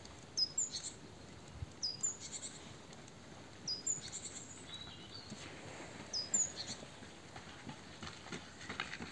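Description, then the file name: Great tit calling with brief high thin notes at irregular intervals, against constant faint hiss. "Parus major"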